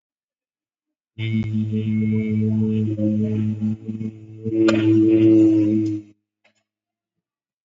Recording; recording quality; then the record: sustained vowel as in beet; excellent, no background noise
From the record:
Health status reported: COVID-19 positive, mild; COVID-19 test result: positive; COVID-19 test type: RT-PCR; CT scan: taken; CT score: 10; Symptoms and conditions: cough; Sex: male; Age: 44 years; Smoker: no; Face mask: worn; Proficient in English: yes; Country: India